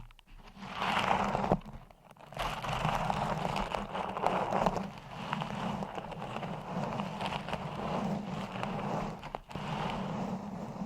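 Dense, continuous scratching of nails on mic covers, a rough rasping texture with a low hum beneath, briefly breaking off near two seconds and nine seconds.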